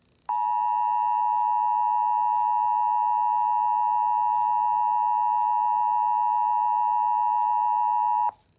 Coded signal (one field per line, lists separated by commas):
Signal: Emergency Alert System (SAME) tones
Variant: 853 and 960 Hz attention tone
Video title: Chicago #EAS (Late)